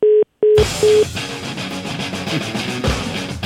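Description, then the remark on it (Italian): A phone line disconnect tone after the phone is hung up on someone who was still talking: three short, steady mid-pitched beeps in quick succession, loud and clean, followed by a dense, noisy wash of sound that continues to the end. “Non è bello sbattere il telefono in faccia a uno che sta parlando.”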